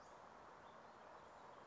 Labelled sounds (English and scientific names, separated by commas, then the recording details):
Western Flycatcher (Empidonax difficilis)
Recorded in Sonoma County, California